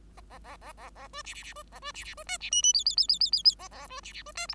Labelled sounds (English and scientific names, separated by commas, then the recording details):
Bengalese Finch (Lonchura striata domestica) song
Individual Bird5